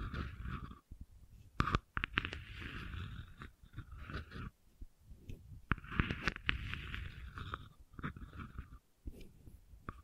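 Gentle scratching rasps along in uneven bursts, with a soft low rumble under most strokes and a brighter hiss around the middle. Sharp clicks and snaps cut in now and then, clustering near two and six seconds, with short quiet gaps between strokes.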